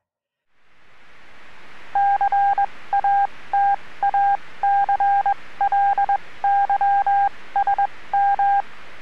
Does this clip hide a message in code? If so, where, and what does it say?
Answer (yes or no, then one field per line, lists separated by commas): yes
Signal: Morse code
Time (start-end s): 2.0-8.6 s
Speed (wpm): 21 wpm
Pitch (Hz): 800 Hz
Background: none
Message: CATACLYSM